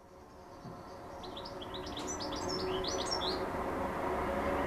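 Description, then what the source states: Bird song: a quick run of high, thin chirping notes tumbling in a fast series, over steadily rising background noise. Recorded 26 06 14 on a MiniDisc recorder.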